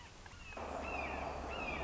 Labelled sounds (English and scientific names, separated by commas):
Red-shouldered Hawk (Buteo lineatus)